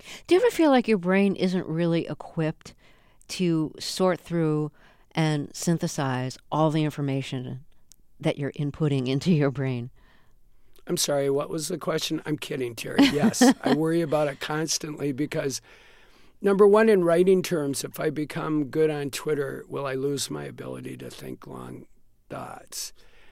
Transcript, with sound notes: Do you ever feel like your brain isn't really equipped to sort through and synthesize all the information that you're inputting into your brain?
I'm sorry, what was the question? I'm kidding, Terry. Yes.
(SOUNDBITE OF LAUGHTER)
I worry about it constantly, because number one, in writing terms, if I become good on Twitter, will I lose my ability to think long thoughts?